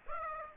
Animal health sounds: mosquito wingbeat signal from an infrared sensor; Aedes aegypti

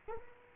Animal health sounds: mosquito wingbeat signal from an infrared sensor; Culex quinquefasciatus

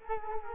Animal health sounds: mosquito wingbeat signal from an infrared sensor; Culex quinquefasciatus

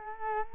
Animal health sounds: mosquito wingbeat signal from an infrared sensor; Culex quinquefasciatus

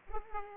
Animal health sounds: mosquito wingbeat signal from an infrared sensor; Culex pipiens

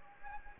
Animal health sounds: mosquito wingbeat signal from an infrared sensor; Anopheles gambiae

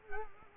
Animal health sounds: mosquito wingbeat signal from an infrared sensor; Culex quinquefasciatus

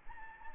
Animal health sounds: mosquito wingbeat signal from an infrared sensor; Anopheles gambiae

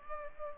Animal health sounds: mosquito wingbeat signal from an infrared sensor; Culex pipiens

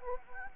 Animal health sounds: mosquito wingbeat signal from an infrared sensor; Anopheles gambiae

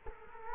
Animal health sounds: mosquito wingbeat signal from an infrared sensor; Culex quinquefasciatus

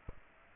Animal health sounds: mosquito wingbeat signal from an infrared sensor; Aedes aegypti

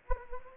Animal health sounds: mosquito wingbeat signal from an infrared sensor; Anopheles gambiae

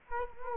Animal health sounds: mosquito wingbeat signal from an infrared sensor; Culex quinquefasciatus

